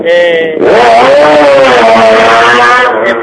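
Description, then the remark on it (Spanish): Single-seater race car engines, including Silver Car and Bangos cars in the Copa CM, roar past in a loud, continuous howl, their buzzing harmonic whine rising and bending in pitch as the cars go by. “Pueden oír el rugir de los motores de los monoplazas, los Silver Car, los Bangos, que ahora mismo están pasando delante nuestra dentro de lo que es esta Copa CM, así que los vehículos más espectaculares, tremendo,”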